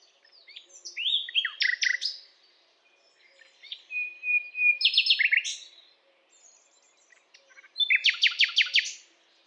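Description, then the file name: Common nightingale delivering three song phrases: warbled chirps, a steady whistled note leading into repeated notes, and a final rapid repeated burst. "Luscinia megarhynchos"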